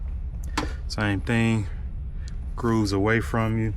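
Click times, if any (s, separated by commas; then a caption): 0.6 s. While a front curb view camera is changed on a 2020-2024 Chevy Tahoe, Suburban or GMC Yukon, a plastic retaining clip is slid into its slot in the trim panel and pops in. A sharp click at 0.6 s marks the clip seating, with someone talking around it and a couple of faint ticks nearby. The clip ends up snapped into the slot.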